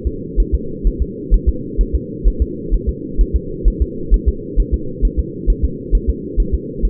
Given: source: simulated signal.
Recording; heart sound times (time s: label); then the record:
fetal heart sounds
0.07 s: S2
0.40 s: S1
0.55 s: S2
0.87 s: S1
1.02 s: S2
1.34 s: S1
1.49 s: S2
1.81 s: S1
1.95 s: S2
2.28 s: S1
2.42 s: S2
2.74 s: S1
2.89 s: S2
3.21 s: S1
3.36 s: S2
3.68 s: S1
3.82 s: S2
4.14 s: S1
4.28 s: S2
4.60 s: S1
4.74 s: S2
5.05 s: S1
5.20 s: S2
5.50 s: S1
5.65 s: S2
5.95 s: S1
6.10 s: S2
6.40 s: S1
6.55 s: S2
6.85 s: S1
From the record:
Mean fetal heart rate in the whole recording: 130 bpm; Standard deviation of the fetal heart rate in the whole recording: 2 bpm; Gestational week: 36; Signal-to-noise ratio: -4.3 dB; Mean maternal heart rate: 72 bpm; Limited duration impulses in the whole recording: absent